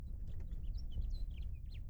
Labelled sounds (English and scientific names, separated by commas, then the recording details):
House Finch (Haemorhous mexicanus) song
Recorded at Hewlett Harbor on Long Island, New York, on 10 June 1975
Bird M